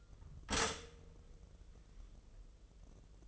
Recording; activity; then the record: daily activity, microphone in the room; stop toaster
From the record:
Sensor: 4